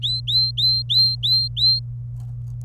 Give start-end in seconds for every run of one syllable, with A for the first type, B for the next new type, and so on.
0.02-1.80 A